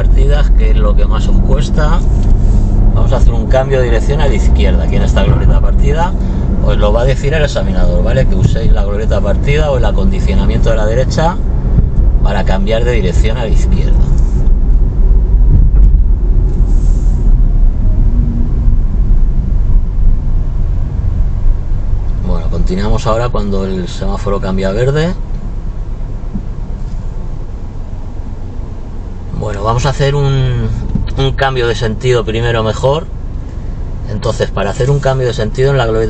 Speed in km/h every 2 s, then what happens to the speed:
40, 46, 51, 50, 48, 46, 45, 36, 24, 15, 6, 0, 0, 0, 0, 0, 0, 0.
0-3 speeds up to 51. 3-22 slows to 0. 22-36 standing.